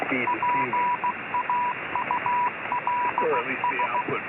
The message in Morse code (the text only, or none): PAULS